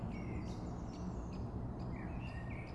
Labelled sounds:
Great Spotted Woodpecker (Dendrocopos major)
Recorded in Germany
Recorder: ecoPi

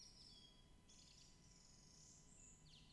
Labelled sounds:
Song Thrush (Turdus philomelos)
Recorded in Germany
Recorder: ecoPi

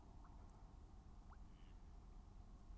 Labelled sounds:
Mallard (Anas platyrhynchos)
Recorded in Germany
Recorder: ecoPi

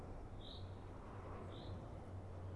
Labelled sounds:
Common Chaffinch (Fringilla coelebs)
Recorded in Germany
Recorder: ecoPi

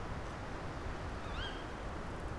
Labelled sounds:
Tawny Owl (Strix aluco)
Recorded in Germany
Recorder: ecoPi

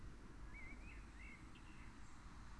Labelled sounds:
Common Blackbird (Turdus merula)
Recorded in Germany
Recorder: ecoPi

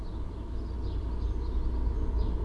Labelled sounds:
Eurasian Blue Tit (Cyanistes caeruleus)
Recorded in Germany
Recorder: ecoPi

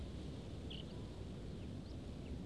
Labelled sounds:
Common Chaffinch (Fringilla coelebs)
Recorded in Germany
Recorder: ecoPi

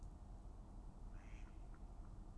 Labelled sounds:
Mallard (Anas platyrhynchos)
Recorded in Germany
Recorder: ecoPi

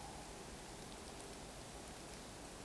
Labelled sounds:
Tawny Owl (Strix aluco)
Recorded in Germany
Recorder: ecoPi

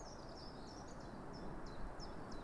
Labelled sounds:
Common Chiffchaff (Phylloscopus collybita)
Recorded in Germany
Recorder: ecoPi

